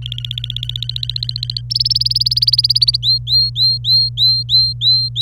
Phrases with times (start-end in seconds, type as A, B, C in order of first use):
0.02-1.62 A, 1.70-2.96 B, 3.02-5.21 C